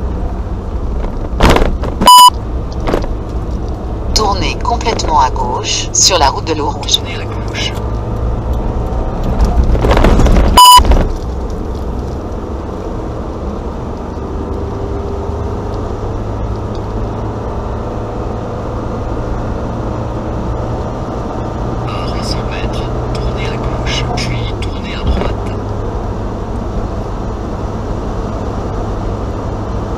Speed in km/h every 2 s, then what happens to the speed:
55, 48, 49, 52, 57, 60, 65, 72, 74, 77, 80, 83, 83, 82, 82.
0-2 brakes to 48. 4-22 speeds up to 83. 22-30 steady at about 82.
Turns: none.